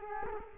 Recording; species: mosquito wingbeat signal from an infrared sensor; Culex quinquefasciatus